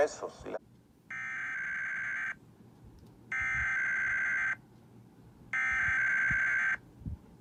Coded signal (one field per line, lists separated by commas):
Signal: Emergency Alert System (SAME) tones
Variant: header bursts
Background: speech